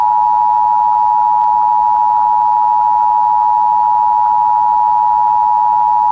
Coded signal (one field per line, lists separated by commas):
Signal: Emergency Alert System (SAME) tones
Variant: 853 and 960 Hz attention tone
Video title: [FOUND!!] [URGENT] [EAS] Minnesota AMBER Alert